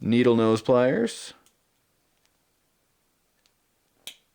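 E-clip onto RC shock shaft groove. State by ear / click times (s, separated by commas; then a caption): seated / 4.1 s. Someone talks at the start, then a small metal E-clip is pressed with needle nose pliers onto the groove on top of the shock shaft or piston assembly of a Vaterra 1/10 1986 Chevy K-5 Blazer Ascender 4WD RC kit. After two faint ticks around 2.3 s and 3.5 s, a sharp, bright click at 4.1 s marks the E-clip seating in the groove.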